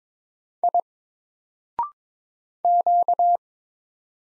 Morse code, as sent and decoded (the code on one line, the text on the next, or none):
.. / --.-
I Q